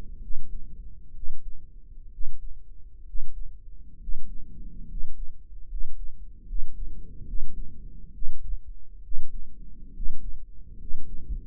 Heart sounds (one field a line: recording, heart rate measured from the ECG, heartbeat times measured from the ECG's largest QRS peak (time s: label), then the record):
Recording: heart sounds by microphone in the right ear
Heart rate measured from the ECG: 68 bpm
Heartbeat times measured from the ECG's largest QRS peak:
0.20 s: heartbeat
1.13 s: heartbeat
2.10 s: heartbeat
3.04 s: heartbeat
3.98 s: heartbeat
4.86 s: heartbeat
5.67 s: heartbeat
6.45 s: heartbeat
7.24 s: heartbeat
8.11 s: heartbeat
9.01 s: heartbeat
9.92 s: heartbeat
10.77 s: heartbeat
From the record:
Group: healthy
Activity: rest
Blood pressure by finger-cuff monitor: 95/63 mmHg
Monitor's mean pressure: 73 mmHg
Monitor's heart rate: 65 bpm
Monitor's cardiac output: 6.1 L/min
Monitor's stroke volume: 95 mL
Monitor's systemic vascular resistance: 840 dyn s/cm5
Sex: male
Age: 23 years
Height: 178 cm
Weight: 96.6 kg